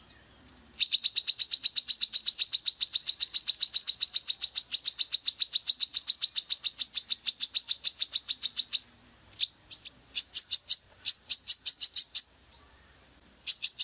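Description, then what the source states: Wiceh calls: a long, fast, high buzzing trill lasting about eight seconds, then shorter bursts of rapid high notes. Female (betina) wiceh, described as powerful (dahsyat).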